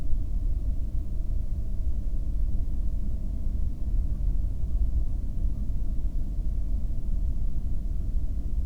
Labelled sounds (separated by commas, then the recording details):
near silence
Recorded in the Prudhoe Bay oil fields, Alaska, on 22 May 2019 at 00:57
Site 19